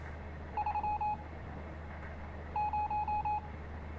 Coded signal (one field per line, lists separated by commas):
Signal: Morse code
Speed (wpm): 28 wpm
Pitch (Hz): 840 Hz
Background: none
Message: 3 0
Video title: Stories Untold (Full Playthrough) - WARNING: Flashing Lights